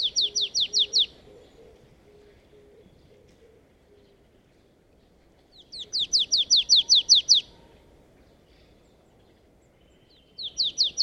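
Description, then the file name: Marsh tit calling in bursts of quick, evenly spaced high chips that slur downward, three runs separated by quiet gaps. "Poecile palustris"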